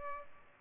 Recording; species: mosquito wingbeat signal from an infrared sensor; Culex pipiens